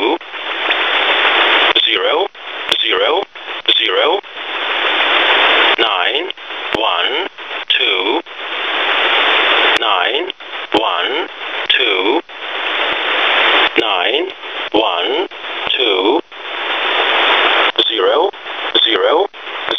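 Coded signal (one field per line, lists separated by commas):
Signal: numbers station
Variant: E07a, English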